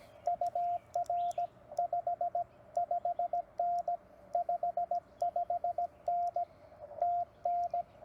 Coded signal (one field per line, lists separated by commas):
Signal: Morse code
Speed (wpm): 16 wpm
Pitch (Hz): 690 Hz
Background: radio noise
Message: UR 55N 55N TN